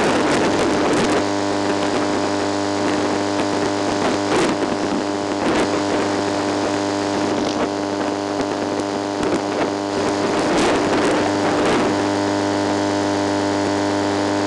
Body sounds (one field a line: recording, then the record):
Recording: brain microelectrode recording played as sound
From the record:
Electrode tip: outside the subthalamic nucleus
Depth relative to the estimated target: -6 mm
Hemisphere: left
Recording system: NeuroSet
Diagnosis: Parkinson's disease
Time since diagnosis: 9 years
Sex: male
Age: 61 years